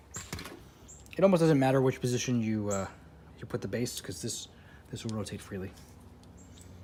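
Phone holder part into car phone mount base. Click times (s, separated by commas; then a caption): 0.3 s. A phone holder part is pulled down onto a car phone mount base during a wireless iPhone charger retrofit in a BMW M5, and it locks into place with a sharp click at 0.3 s. Someone talks through most of the clip, and a few faint taps follow near the end.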